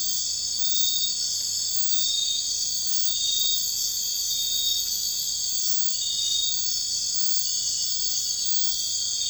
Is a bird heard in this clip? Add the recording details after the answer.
no. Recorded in dense forest near Puerto Asís, Putumayo, Colombia, on 21 March 2025 at 02:30. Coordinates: 0.484, -76.317. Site G064